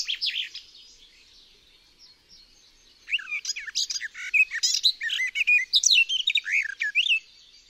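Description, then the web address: Garden warbler singing: a short burst of notes, a pause, then a long, rapid, rich warble of varied twittering phrases running on without a break. "Przyroda Ptaki GAJÓWKA"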